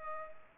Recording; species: mosquito wingbeat signal from an infrared sensor; Culex pipiens